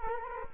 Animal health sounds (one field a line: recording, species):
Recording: mosquito wingbeat signal from an infrared sensor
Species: Culex quinquefasciatus